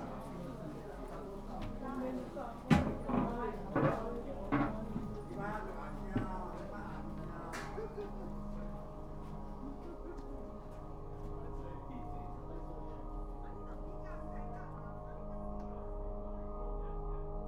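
A stretch of wandering in Kanazawa: voices murmur over a steady low hum that runs throughout. In the first eight seconds several sharp knocks and clatters stand out, the loudest near three seconds, then the scene settles into an even bed of talk and drone.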